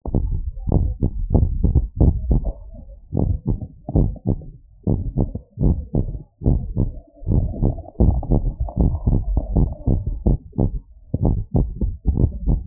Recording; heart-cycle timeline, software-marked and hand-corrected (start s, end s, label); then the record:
heart sounds
0.00	0.12	systole
0.12	0.19	S2
0.19	0.70	diastole
0.70	0.83	S1
0.83	1.01	systole
1.01	1.09	S2
1.09	1.31	diastole
1.31	1.43	S1
1.43	1.62	systole
1.62	1.71	S2
1.71	1.97	diastole
1.97	2.10	S1
2.10	2.28	systole
2.28	2.40	S2
2.40	3.20	diastole
3.20	3.34	S1
3.34	3.52	systole
3.52	3.60	S2
3.60	3.96	diastole
3.96	4.12	S1
4.12	4.36	systole
4.36	4.46	S2
4.46	4.88	diastole
4.88	5.00	S1
5.00	5.18	systole
5.18	5.28	S2
5.28	5.62	diastole
5.62	5.76	S1
5.76	5.96	systole
5.96	6.08	S2
6.08	6.48	diastole
6.48	6.62	S1
6.62	6.82	systole
6.82	6.92	S2
6.92	7.30	diastole
7.30	7.46	S1
7.46	7.64	systole
7.64	7.74	S2
7.74	8.02	diastole
8.02	8.18	S1
8.18	8.32	systole
8.32	8.44	S2
8.44	8.80	diastole
8.80	8.92	S1
8.92	9.08	systole
9.08	9.20	S2
9.20	9.54	diastole
9.54	9.68	S1
9.68	9.88	systole
9.88	10.00	S2
10.00	10.28	diastole
10.28	10.40	S1
10.40	10.64	systole
10.64	10.78	S2
10.78	11.22	diastole
11.22	11.36	S1
11.36	11.56	systole
11.56	11.70	S2
11.70	12.08	diastole
12.08	12.24	S1
12.24	12.46	systole
12.46	12.60	S2
12.60	12.67	diastole
From the record:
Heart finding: abnormal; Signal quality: good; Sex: male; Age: 61 years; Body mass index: 26.4